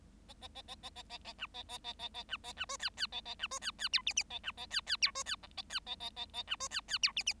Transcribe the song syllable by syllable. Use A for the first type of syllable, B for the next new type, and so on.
A A A A A A A A B A A A A A B A B C D D A A B C D D E F F A B A D D E C D G A D A A A A B C D D E F F